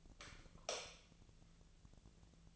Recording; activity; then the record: daily activity, microphone in the room; light off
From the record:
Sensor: 4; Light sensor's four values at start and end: 34/86/35/38 and 31/76/32/34